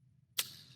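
Someone presses a rifle's bolt release paddle with the left thumb to send the bolt forward, producing a sudden bright, mushy metallic sound at 0.4 s that rings and fades through the rest of the clip. Instead of a clean click, the bolt fails to go fully home and does not seat properly, so a malfunction drill is needed.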